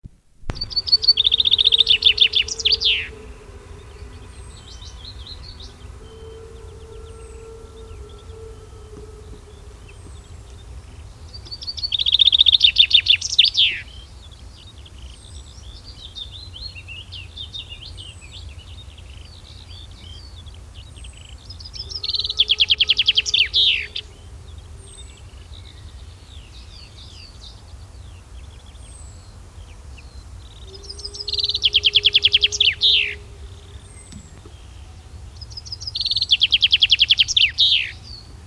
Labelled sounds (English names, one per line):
Common Chaffinch song